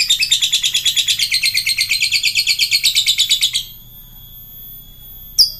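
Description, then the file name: Lovebird chatter: a fast, rapidly repeated run of harsh high chirps for about three and a half seconds, then quiet with one short sharp note near the end. Lovebird chatter in the style known as ngekek. "suara lovebird ngekek"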